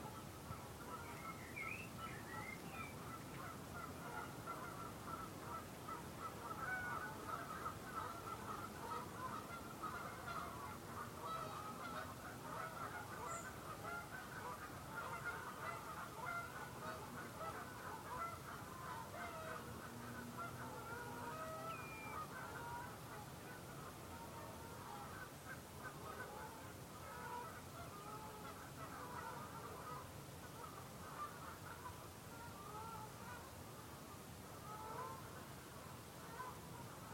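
Canada geese murmur and croon softly on the salt marsh, a dense, steady chatter of overlapping low calls that never stops across the whole stretch. A few brighter, sharper cries stand out now and then, notably near the start and around the middle.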